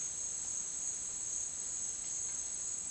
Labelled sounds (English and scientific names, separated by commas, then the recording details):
none
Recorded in dense forest near Puerto Asís, Putumayo, Colombia, on 25 June 2025 at 11:30
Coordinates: 0.466, -76.327
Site GP04